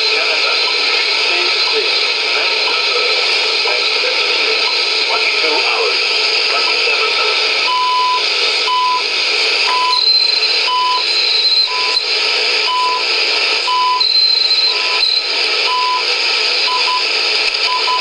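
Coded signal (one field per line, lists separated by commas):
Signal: radio time signal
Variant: CHU Canada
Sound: hissing shortwave static, then about 10 steady 1 kHz beeps once per second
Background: radio static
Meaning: Each tone pulse marks one second of the time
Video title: Standar Time Frequency 14670 khz CHU Canada ON Service Monitor HP 8920A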